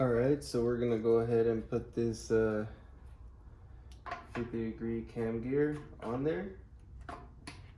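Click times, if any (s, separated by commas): none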